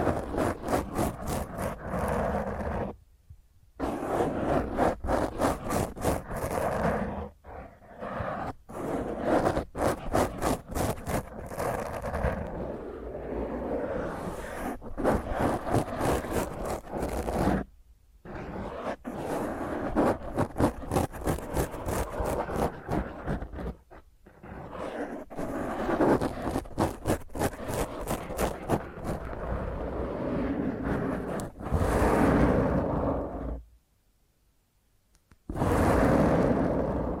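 Fingernails scratch roughly across a microphone in dense, grating bursts, with short silent breaks near 3, 18, 24 and 34 seconds.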